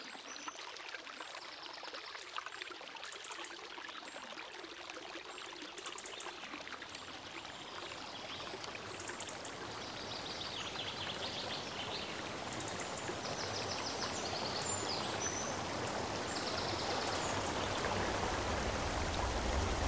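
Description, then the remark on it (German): A river flows steadily, its rushing water babbling continuously with a broad hiss, growing slightly louder toward the end. No voices are present. “Also, wenn wir jetzt an dieser Stelle uns mal alles andere wegdenken würden und unseren Fokus nur noch auf diesen Fluss hier setzen oder auf diesen Wald da hinten.”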